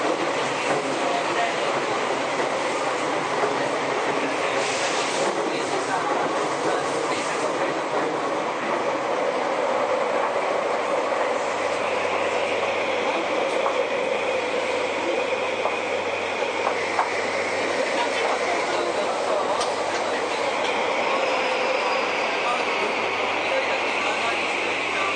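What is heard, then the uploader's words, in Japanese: Inside a Tokyu 2020 series train, a steady rumble and hum of running carries on throughout, with a rising whine after twelve seconds and faint voices. 東急2020系 押上→中央林間。東急田園都市線の新車です。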